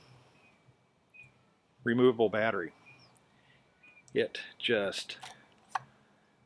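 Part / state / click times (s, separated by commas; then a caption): removable battery in a 360 action camera / released / 5.8 s. A removable battery is released from a 360 action camera body and pops right out. Someone talks, then a sharp click is heard at 5.8 seconds as the battery comes free.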